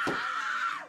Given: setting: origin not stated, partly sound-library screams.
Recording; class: one-second piece from a danger detection set; woman in danger